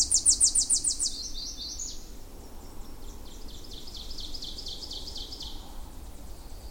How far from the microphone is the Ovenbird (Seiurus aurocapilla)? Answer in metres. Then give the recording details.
about 55 m. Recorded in boreal forest in Alberta, Canada, on 26 May 2016 at 08:02. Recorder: SongMeter 3, array SBT-3-15. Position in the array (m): 58 m, 140 m. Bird 20